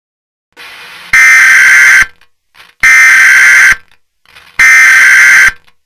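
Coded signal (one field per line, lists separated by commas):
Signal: Emergency Alert System (SAME) tones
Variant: header bursts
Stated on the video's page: Unfinished EAS scenario.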